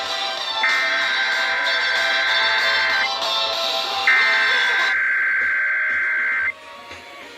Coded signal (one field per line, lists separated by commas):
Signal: Emergency Alert System (SAME) tones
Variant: header bursts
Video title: DC Monthly June 2021: Two stations at one time, a TN mock, and some HD subchannels(EAS 1,228-1,256)